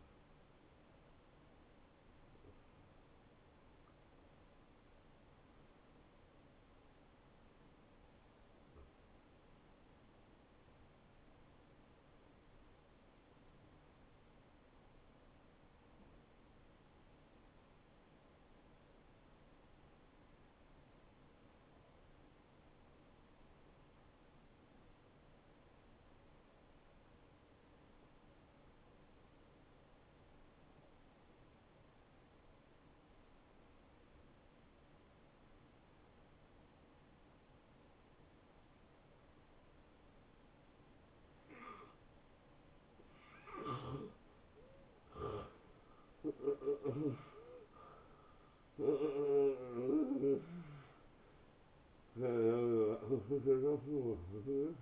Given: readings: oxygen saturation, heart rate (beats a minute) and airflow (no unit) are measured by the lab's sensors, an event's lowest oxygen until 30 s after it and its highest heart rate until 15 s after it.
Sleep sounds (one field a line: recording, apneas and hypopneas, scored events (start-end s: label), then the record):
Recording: breathing in sleep by a voice recorder at the bedside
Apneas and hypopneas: 1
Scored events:
4.00-42.30 s: hypopnea (N1, oxygen 94% highest, then 83% lowest, heart rate 79 at the start, 86 highest)
From the record:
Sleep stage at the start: N1 (lightest sleep)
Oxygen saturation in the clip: 83 to 94%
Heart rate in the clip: 59 to 85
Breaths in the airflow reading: 11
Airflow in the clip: -13.8 to 10.1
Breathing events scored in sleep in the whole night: 263 in 5.5 hours asleep